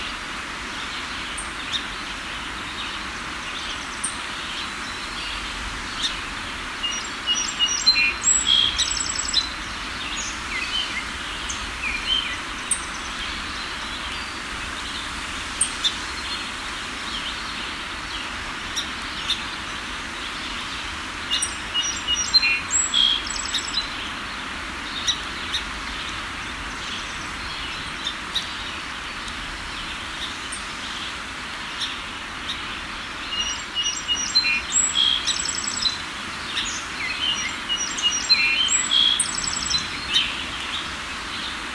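Early morning on a riverbank, with a steady hiss of flowing water filling the background. Bright, short bird calls come in clusters around 8, 22 and 34 seconds, some near and sharp, others faint and distant.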